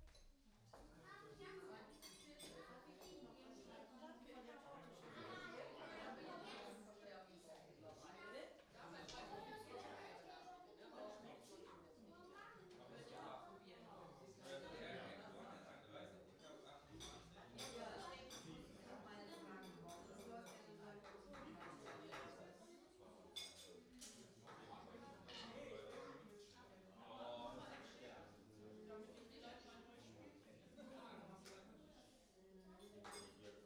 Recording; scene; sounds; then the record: everyday scene through a hearing-aid microphone; many people talking; many voices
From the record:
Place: parish hall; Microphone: in the ear canal, right